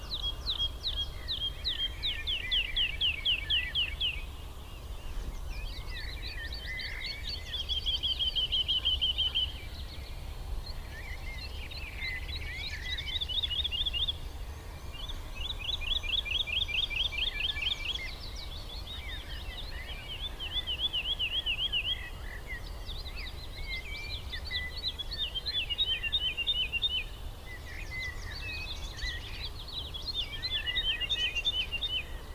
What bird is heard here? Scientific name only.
Lullula arborea